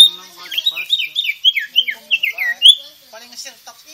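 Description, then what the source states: Sirtu giving a rapid series of loud down-slurred whistles, ending in a high rising note, then softer chatter. Vigorous, energetic singing in the style called gacor.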